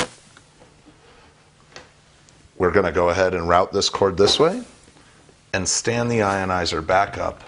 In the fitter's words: this will only go one way and simply snaps into place